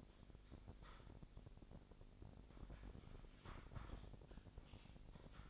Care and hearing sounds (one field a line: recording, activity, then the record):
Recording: daily activity, microphone in the room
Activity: typing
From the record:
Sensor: 5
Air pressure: 1007.7 hPa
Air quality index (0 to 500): 95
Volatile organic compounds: 1 ppm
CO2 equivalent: 748 ppm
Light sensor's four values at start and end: 41/97/40/42 and 41/97/40/42